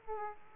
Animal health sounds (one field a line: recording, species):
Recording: mosquito wingbeat signal from an infrared sensor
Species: Aedes aegypti